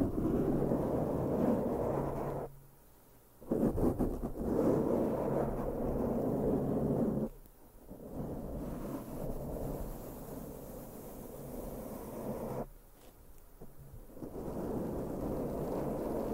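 Dense, rough brushing sweeps across a microphone, a continuous low, rumbling scratch with a steady hum underneath. The strokes break off three times, at about 2.5, 7.3 and 12.7 seconds, into brief near-silent pauses before resuming. No talking is heard.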